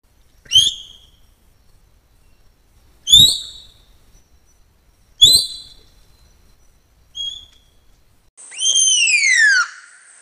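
Baird's tapir calling: four short, sharp whistled chirps with abrupt onsets roughly two seconds apart, then one long, shrill whistle falling steadily in pitch.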